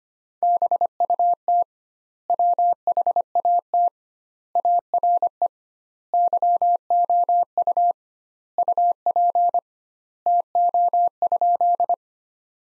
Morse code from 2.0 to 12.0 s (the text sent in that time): WHAT ARE YOU UP TO?